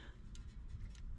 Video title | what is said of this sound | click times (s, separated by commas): *P0420* 4 Cyl Nissan Frontier Oxygen Sensor Replace | snap that in there like that | 0.4 s